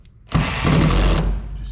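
An impact driver runs on a trim screw in a school bus window trim channel, starting abruptly at about 0.4 s with a loud, steady buzzing whir that lasts until about 1.2 s and then drops off. The screw's head is stripped, so it just spins in place and does not come out.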